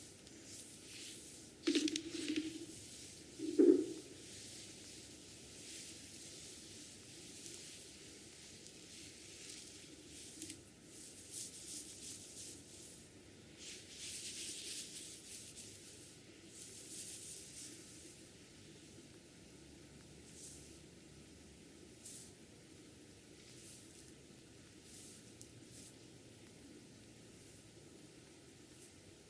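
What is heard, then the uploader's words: A head massage during hair washing, with wet, squishy rubbing and bursts of bright hissing scrubbing that come and go throughout. Two short, louder squeaky sounds stand out in the first few seconds, over a steady soft hiss. ASMR Relaxing head massage with hair washing.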